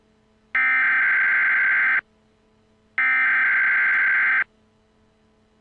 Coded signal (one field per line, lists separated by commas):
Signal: Emergency Alert System (SAME) tones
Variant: header bursts